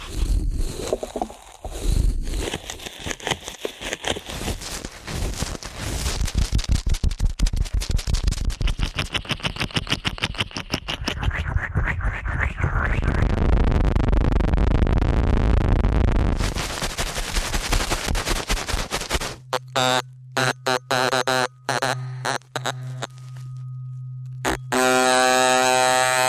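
Ear-cleaning sounds: rapid, dense crackling and popping for most of the clip, then a steady low buzzing hum with broken clicks near the end.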